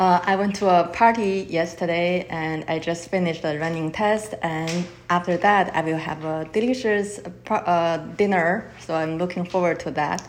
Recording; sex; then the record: free speech after running; female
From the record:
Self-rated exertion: light exertion (2 of 6); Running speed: 6 miles an hour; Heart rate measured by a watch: 83 beats a minute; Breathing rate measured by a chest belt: 14 breaths a minute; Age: 51 years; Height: 165 cm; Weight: 51 kg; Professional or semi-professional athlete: no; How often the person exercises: 3 to 5 times a week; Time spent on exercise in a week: 3 to 4 hours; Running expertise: no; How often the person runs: 3 to 5 times a week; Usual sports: running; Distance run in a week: 25 miles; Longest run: 50 km